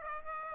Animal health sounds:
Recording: mosquito wingbeat signal from an infrared sensor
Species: Aedes aegypti

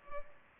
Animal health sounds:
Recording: mosquito wingbeat signal from an infrared sensor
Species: Culex pipiens

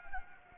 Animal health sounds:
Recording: mosquito wingbeat signal from an infrared sensor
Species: Anopheles gambiae

